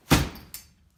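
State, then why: Seated. A hand holds the outer edge of a folding chair's seat and pushes it down firmly into its frame lock, producing a heavy low thump at about 0.1 s that fades away. A sharp snap follows at 0.5 s as the seat locks into its open position.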